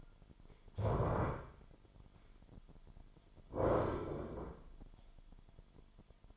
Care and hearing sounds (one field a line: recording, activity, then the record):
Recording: daily activity, microphone in the room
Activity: stand up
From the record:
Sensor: 5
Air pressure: 998.6 hPa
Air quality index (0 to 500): 86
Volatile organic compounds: 2 ppm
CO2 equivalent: 986 ppm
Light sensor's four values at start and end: 42/102/42/47 and 41/99/41/46